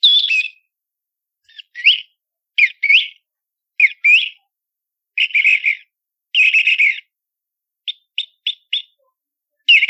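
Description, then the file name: Thrush song of short fluty, whistled phrases broken by pauses, some phrases slurred, others clipped into quick separate notes. "Tordo savo"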